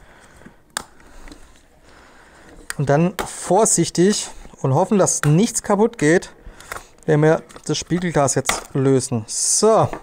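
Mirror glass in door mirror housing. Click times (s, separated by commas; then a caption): 0.8 s. The plastic-backed mirror glass of an old electric Golf 2 door mirror is levered out of its housing until its retaining clips give, with a sharp, loud snap at 0.8 s as a clip cracks loose. A few faint ticks follow, then someone talks as the glass comes free.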